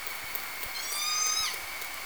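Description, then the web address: Orca call: a single tonal, harmonic-rich call that holds steady for under a second, then ends in a sharp downward sweep, with faint clicks in the background. Southern Resident killer whales, K pod; call type S6. "SRKW call-catalog Orca Calls Alwin Audiosamples call S 6 (Kpod 2 )"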